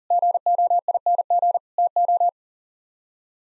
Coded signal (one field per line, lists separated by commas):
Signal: Morse code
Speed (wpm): 40 wpm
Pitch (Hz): 700 Hz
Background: none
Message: GOING TO